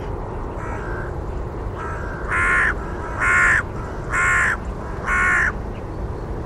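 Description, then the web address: Bird calling with a couple of faint caws, then four loud, harsh cawing calls about once a second, with steady low background rumble. "cianscape. Deverinetal 2025. Bird Only"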